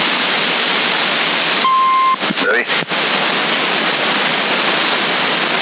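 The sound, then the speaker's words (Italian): A single short, steady radio beep sounds faintly beneath a constant wash of hissing static, followed by a brief spoken word and a few crackles. “Ho sentito un piccolo bip sotto fondo.”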